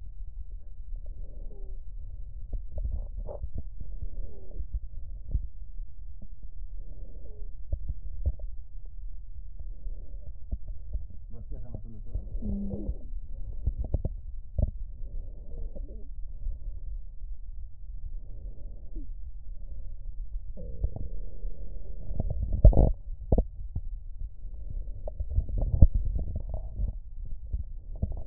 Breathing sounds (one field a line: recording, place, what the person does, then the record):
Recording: lung sounds by stethoscope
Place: right posterior basal chest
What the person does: quiet breathing, then deep breathing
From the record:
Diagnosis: asthma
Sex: female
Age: 56 years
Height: 161 cm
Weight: 85 kg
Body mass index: 32.8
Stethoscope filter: extended mode